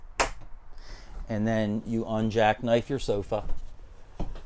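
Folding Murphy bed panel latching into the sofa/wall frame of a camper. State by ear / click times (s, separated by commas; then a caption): seated / 0.2 s. The hinged panel of a travel-trailer Murphy bed is folded up and latches into its stowed position against the camper's sofa/wall frame, giving a sharp, loud click at 0.2 s. Someone then talks, and a fainter knock follows at 4.2 s.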